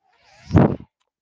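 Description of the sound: A brief low mechanical whoosh rising and fading in under a second: a home ventilator cycling.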